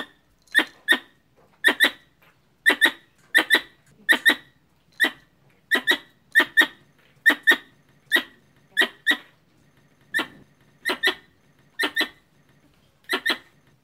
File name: tieng soc cai goi duc soc bong